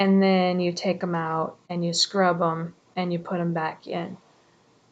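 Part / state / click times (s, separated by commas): inner cannula into tracheostomy tube / not seated / none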